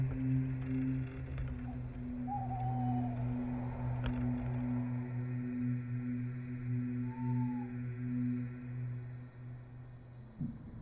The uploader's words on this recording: Chapel graveyard ambience | peaceful night. Owl, night insects.